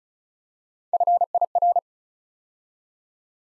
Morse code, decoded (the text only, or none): FIR